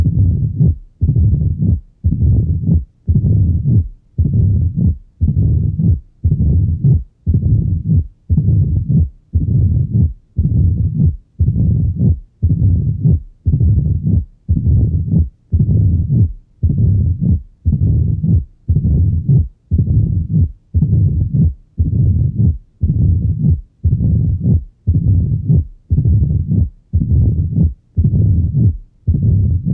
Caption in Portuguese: Som de Estenose Mitral. A estenose mitral, classicamente causa um sopro diastólico tipo ruflar , que, na presença de ritmo sinusal vem acompanhado de um reforço pré-sistólico (pelo aumento do fluxo transmitral durante a contração atrial). Em valvas doentes, mas não tão calcificadas, é possível ouvir, antes do sopro, um estalido de abertura .